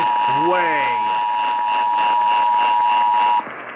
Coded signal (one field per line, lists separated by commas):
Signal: Emergency Alert System (SAME) tones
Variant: 853 and 960 Hz attention tone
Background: speech